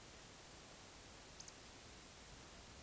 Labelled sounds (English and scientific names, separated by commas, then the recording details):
Eurasian Woodcock (Scolopax rusticola) whistle
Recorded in Baden-Württemberg, Germany, on 11 June 2021 at 20:24 UTC
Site 24606, 635 m above sea level